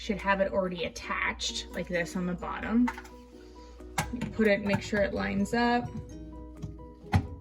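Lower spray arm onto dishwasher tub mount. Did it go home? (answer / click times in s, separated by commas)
yes / 7.1 s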